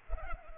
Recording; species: mosquito wingbeat signal from an infrared sensor; Culex pipiens